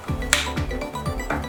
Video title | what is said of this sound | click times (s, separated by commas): DAT LEGO Build. Speed Champions - Koenigsegg Jesko. [76900]. Who is Koenigsegg? | nice I do like the way that he's really easily click into place | 0.3 s